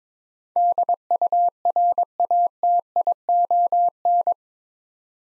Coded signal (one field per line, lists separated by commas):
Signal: Morse code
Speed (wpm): 22 wpm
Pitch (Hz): 700 Hz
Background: none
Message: DURATION